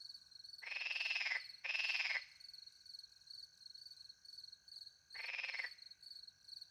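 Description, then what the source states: Frog croaking in short rasping bursts, two close together then one more, over a continuous high cricket chorus. Several frogs with crickets, countryside by night near a little pond, France; microphones hidden in a tree close to the pond; two Usi pro microphones into a Mixpre 10 II recorder.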